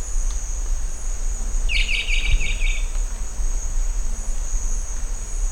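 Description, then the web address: One Rondonia bushbird rattle, a quick run of buzzy notes lasting about a second, amid a continuous high insect drone. "sound Rondônia-bushbird"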